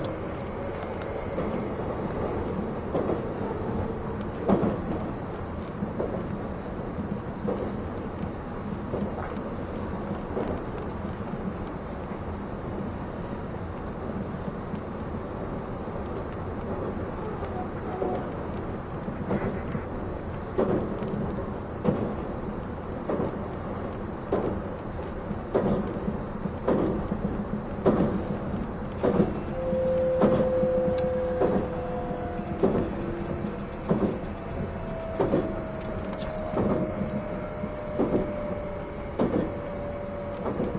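An E261-series Saphir Odoriko express train passes with a steady low rumble and regular rhythmic clacks that grow louder and more frequent after about 20 seconds. Brief whining tones appear near 5 seconds and again from roughly 30 to 37 seconds.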